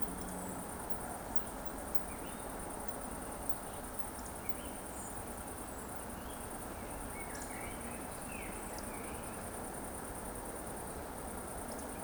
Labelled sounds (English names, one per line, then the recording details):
Eurasian Woodcock whistle
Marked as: whistle, whistle, whistle, whistle
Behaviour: display flight
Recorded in Baden-Württemberg, Germany, on 25 June 2020 at 20:04 UTC
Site 14569, 102 m above sea level